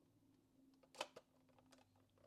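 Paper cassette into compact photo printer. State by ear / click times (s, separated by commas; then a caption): not seated / none. A plastic paper cassette is pushed into the slot of a Canon Selphy 1500 compact photo printer, producing a loud short knock near 1.0 s, a quieter tap at 1.2 s and a faint tick at 1.7 s over low background hum. The cassette has not seated or clicked into place yet, because it needs to go in at the right angle to click on both sides.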